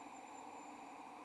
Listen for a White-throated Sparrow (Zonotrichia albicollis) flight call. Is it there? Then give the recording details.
no. No flight call is heard. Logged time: 23:05 on 16 December 2014